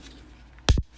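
A folded plastic leg/foot section of a Transformers Age of the Primes Commander Class Silverbolt action figure is pushed into the figure's leg until it locks into place. After a quiet stretch, a sharp plastic click at 0.7 s is followed by a brief, lower knock as the piece settles. The leg section is seated.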